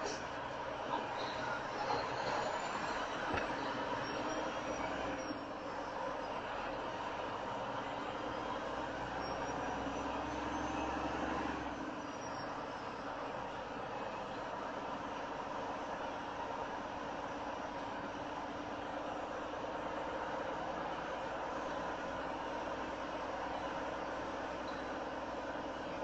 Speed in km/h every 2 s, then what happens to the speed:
2, 6, 8, 8, 11, 13, 13, 13, 15, 15, 15, 15, 15.
0-9 pulls away to 13. 9-26 steady at about 15.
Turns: none.